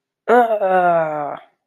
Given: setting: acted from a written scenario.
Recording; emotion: vocal sound without words; disgust